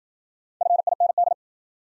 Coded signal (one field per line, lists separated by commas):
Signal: Morse code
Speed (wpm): 53 wpm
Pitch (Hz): 700 Hz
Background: none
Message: FIND